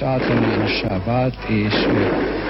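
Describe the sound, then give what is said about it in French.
Gunshots crack out amid loud, sustained shouting voices, with a sharp burst near the middle and a rough, noisy clatter running underneath the crowd's cries throughout: shots fired into a huge crowd gathered around the radio building at the start of the Hungarian revolution, around 10 pm, by the AVO political police, causing the first deaths. “des coups de feu sont tirés, provoquant les premiers morts de la révolution”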